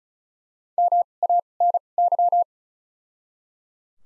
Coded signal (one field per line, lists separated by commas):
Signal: Morse code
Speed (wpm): 34 wpm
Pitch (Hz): 700 Hz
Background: none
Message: M A N Y